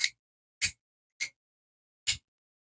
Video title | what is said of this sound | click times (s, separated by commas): Unboxing and first impressions of the Remette RT-Saker Falcon | And again, very snappy, very quick, very satisfying click when this locks up. | 0.0 s